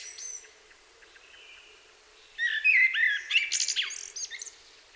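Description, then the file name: Common blackbird song: faint soft notes, then a louder phrase of mellow fluting whistles tumbling into thin, squeaky high chatter. "Turdus merula"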